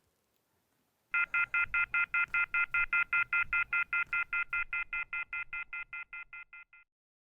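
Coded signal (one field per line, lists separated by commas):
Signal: telephone call progress tone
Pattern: off-hook warning tone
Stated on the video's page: Telephone tone in a mystery thriller film.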